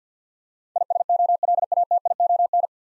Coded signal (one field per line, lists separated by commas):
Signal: Morse code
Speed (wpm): 46 wpm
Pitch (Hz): 700 Hz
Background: none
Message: ISOLATION